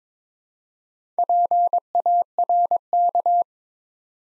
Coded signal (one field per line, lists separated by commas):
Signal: Morse code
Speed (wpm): 22 wpm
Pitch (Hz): 700 Hz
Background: none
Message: PARK